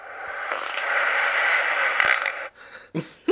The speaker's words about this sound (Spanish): Vamos a escuchar unos cuantos peos más, porque esto siempre es divertido.